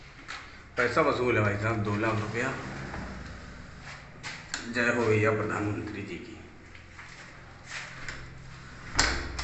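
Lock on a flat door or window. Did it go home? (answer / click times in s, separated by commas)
yes / 9.0 s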